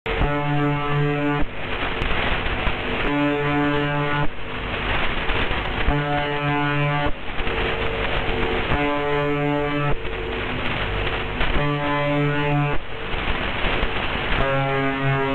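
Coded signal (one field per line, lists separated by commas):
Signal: channel marker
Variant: UVB-76 (The Buzzer)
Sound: harsh low buzz bursts about every 2.5 seconds, six in the clip, amid static hiss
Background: radio static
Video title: Live pitch changing of UVB-76 "The Buzzer"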